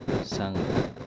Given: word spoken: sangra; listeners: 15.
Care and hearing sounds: one Spanish word in noise, from a listening test; noise modulated by three-talker babble; -5.4 dB; 0 of 15; 14 of 15; 0.66 s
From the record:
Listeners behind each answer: 14, 1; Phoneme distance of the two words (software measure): 10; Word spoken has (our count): 2 syllables, 6 phonemes, stress on syllable 1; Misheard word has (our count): 2 syllables, 6 phonemes, stress on syllable 1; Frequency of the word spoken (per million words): 0.91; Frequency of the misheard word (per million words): 136.32

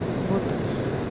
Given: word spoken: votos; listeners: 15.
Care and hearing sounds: one Spanish word in noise, from a listening test; speech-shaped noise; -5.6 dB; 4 of 15; 8 of 15; 0.70 s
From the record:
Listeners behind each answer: 8, 4, 1, 1, 1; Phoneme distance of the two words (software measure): 10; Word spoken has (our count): 2 syllables, 5 phonemes, stress on syllable 1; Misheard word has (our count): 2 syllables, 5 phonemes, stress on syllable 1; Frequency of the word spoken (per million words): 61.05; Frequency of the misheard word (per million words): 3.92

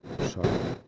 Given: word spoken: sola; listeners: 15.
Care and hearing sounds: one Spanish word in noise, from a listening test; noise modulated by one talker; -10.2 dB; 1 of 15; 6 of 15; 0.48 s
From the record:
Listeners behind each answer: 6, 2, 1, 1, 1, 1, 1, 1, 1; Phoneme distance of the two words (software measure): 7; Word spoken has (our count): 2 syllables, 4 phonemes, stress on syllable 1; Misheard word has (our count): 1 syllable, 3 phonemes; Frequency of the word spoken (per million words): 113.80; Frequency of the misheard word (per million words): 149.60

